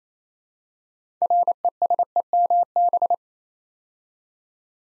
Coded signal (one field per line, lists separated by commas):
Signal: Morse code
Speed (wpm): 28 wpm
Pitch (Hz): 700 Hz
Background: none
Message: RESEMB